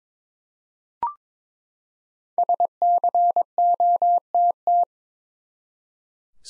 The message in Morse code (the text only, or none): SCOTT